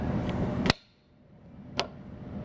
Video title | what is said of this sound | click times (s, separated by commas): Patriot Jr. - Recirculation Valves | You want to hear a snap. | 0.7 s, 1.8 s